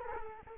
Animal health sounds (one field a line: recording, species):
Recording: mosquito wingbeat signal from an infrared sensor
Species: Culex quinquefasciatus